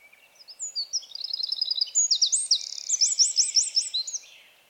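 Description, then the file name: Eurasian wren singing a rapid, high, vigorous stream of trills and ringing notes, about four seconds long, then falling silent. "Troglodytes troglodytes"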